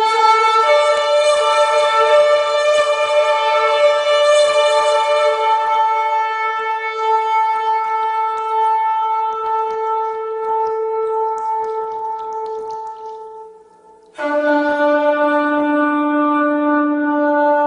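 Two long shofar blasts, each a single held horn tone, bright and rasping with many overtones. The first sustains steadily for about thirteen seconds, thinning and fading near the end, then after a brief gap a second, lower blast begins and holds strongly to the end.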